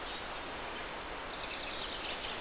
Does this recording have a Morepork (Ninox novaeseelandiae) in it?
no